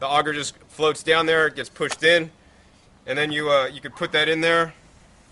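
Someone talks while assembling a juicer: the auger is dropped in and pushed down, and the drum/bowl is lined up by its red dots with the red dot on the motor housing, ready to be pushed down onto the housing. Only speech is heard, with no distinct clicks or impacts. Nothing has seated or locked into place yet.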